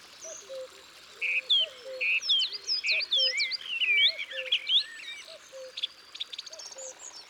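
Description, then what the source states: Coal tit song, a quick series of high paired notes repeated rapidly amid many other high bird notes, with lower notes below. Isère, France.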